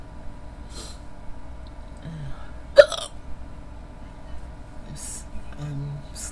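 One sharp, abrupt hiccup with a brief vocal catch from an adult woman late at night, standing out against quiet room hum with soft breaths around it. Her hiccups have been coming off and on for about 15-20 minutes.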